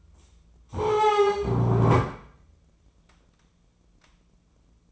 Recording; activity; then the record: daily activity, microphone in the room; stand up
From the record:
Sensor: 1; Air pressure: 996.0 hPa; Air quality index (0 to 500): 237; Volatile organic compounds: 1000 ppm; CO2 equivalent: 6922 ppm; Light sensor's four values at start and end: 35/88/37/45 and 35/85/37/44